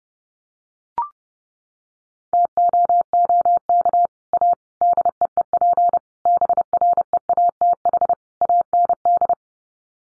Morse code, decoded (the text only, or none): TOOK A DEEP BREATH AND